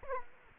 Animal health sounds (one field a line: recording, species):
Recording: mosquito wingbeat signal from an infrared sensor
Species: Culex quinquefasciatus